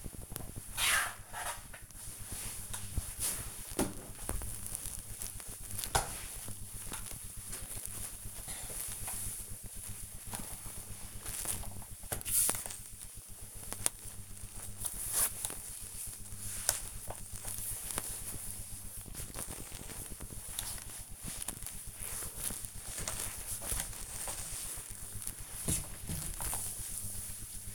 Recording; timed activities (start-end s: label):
household activities, microphone on the right wrist
0.00-27.75 s: floor cleaning